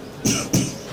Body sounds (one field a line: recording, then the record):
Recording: coughing mixed with background sound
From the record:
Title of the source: Spring Cold Coughing.